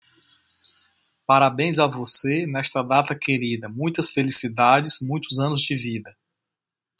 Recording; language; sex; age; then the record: short text; Brazilian Portuguese; male; 40 to 49 years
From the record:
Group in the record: control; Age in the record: 43 years